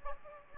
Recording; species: mosquito wingbeat signal from an infrared sensor; Aedes aegypti